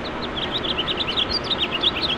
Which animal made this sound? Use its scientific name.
Haemorhous mexicanus